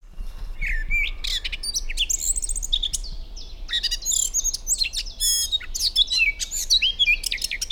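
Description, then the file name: Eurasian blackcap song, a fast, varied warble of fluty and scratchy notes jumping between high and mid pitches, delivered in continuous bursts with a low steady rumble beneath. "Sylvia atricapilla"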